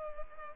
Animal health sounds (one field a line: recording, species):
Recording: mosquito wingbeat signal from an infrared sensor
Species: Culex pipiens